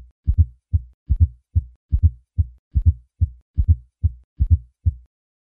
Fourth Heart Sound. Requires the use of the bell of the stethoscope applied lightly to the cardiac apex with the patient in the left lateral position. Although the fourth heart sound originates in the ventricular wall, it requires a forceful atrial contraction to be audible. This abnormal ventricular compliance reflects a ventricle that is stiffer than normal and thus requires a more forceful atrial contraction for adequate ventricular filling.